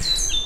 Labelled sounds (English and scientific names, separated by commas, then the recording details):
Stitchbird (Notiomystis cincta) song
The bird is a male
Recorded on Tiritiri Matangi Island, New Zealand, in 2005
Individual 3, of nest box 3